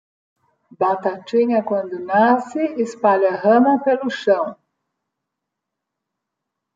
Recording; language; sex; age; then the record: short text; Brazilian Portuguese; female; 50 to 59 years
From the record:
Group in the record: control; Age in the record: 56 years